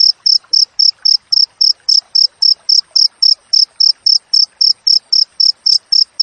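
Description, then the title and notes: Shrill cricket chirps repeated quickly and steadily, nearly four per second, with light background clicks. Wild cricket chirping with close spacing between chirps, used as tutor audio for training songbirds and to repel rats. "Masteran Jangkrik Alam Jernih, Jeda Rapat Cocok Untuk Masteran Burung Dan Mengusir Tikus. suara jangkrik"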